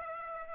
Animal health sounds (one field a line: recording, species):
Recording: mosquito wingbeat signal from an infrared sensor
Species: Aedes aegypti